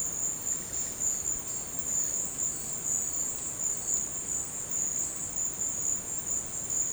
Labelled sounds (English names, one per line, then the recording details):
none
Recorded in dense forest near Puerto Asís, Putumayo, Colombia, on 22 December 2024 at 13:00
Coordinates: 0.466, -76.327
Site G075